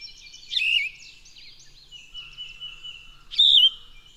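Bird song: two loud, warbled phrases about three seconds apart, with high twittering and a long thin whistle between them.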